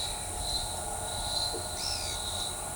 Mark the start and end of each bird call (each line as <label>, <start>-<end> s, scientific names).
Atalotriccus pilaris, 1.76-2.17 s